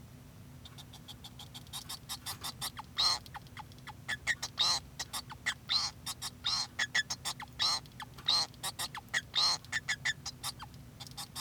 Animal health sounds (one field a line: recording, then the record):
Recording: song of a male Bengalese finch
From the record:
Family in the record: son of father 2